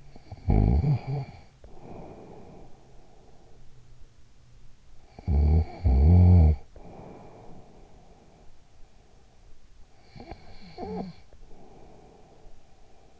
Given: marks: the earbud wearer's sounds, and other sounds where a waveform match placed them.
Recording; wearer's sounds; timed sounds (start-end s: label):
sounds in sleep by an in-ear microphone; snoring breath
0.00-3.74 s: snoring breath
4.85-8.88 s: snoring breath
9.77-13.20 s: snoring breath